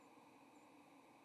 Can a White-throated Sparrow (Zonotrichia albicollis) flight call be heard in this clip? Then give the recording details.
yes. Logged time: 07:35 on 30 October 2014